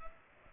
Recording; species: mosquito wingbeat signal from an infrared sensor; Culex pipiens